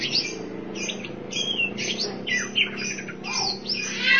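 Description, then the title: Oriental magpie-robin song, rapid harsh chatters and short whistled notes in a busy stream over a low constant hum. Chirping song (kicauan) of the bird. "Suara Kicauan Burung Kacer Durasi Panjang"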